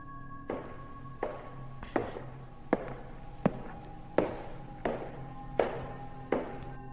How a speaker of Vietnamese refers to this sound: Tiếng bước chân vẫn vang lên đều đều, càng lúc càng tiến gần về phía tôi.